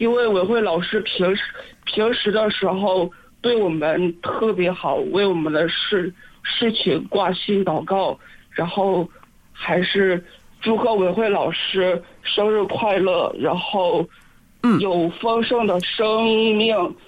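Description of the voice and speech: An adult man with a stuttering disorder speaks Mandarin over a radio phone line, offering birthday wishes in short phrases with frequent pauses and filler words. Several sounds are stretched for half a second or more, and one part-word repetition is heard. These are mild stuttering disfluencies; when asked something, he cannot get the words out.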